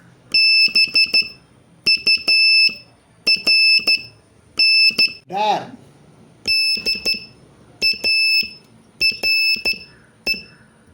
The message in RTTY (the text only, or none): none